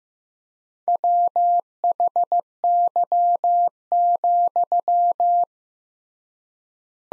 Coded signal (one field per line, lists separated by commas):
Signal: Morse code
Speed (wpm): 15 wpm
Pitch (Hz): 700 Hz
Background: none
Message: WHY,